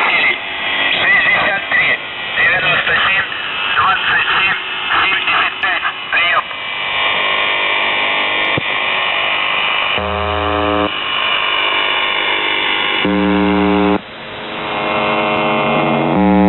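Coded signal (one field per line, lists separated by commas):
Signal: numbers station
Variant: UVB-76 (The Buzzer)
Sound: heavy static with faint voice-like sound, then low harsh buzzes with gaps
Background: radio static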